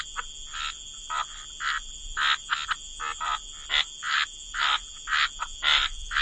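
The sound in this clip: Frogs calling in chorus, quick harsh croaks repeated about twice a second in a fairly steady beat, with an unbroken high-pitched drone behind.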